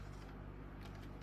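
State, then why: Not seated. A floppy disk is pushed the wrong way round into the disk slot of a Sony FD-200 Mavica camera; it does not go in and is turned around. Only a low steady hum and faint scraping and handling rustle are heard, with a brief soft tap at 1.2 s. Nothing has seated or clicked yet.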